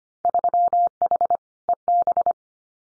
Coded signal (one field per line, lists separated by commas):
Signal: Morse code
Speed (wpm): 25 wpm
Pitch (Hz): 700 Hz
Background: none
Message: 3H EB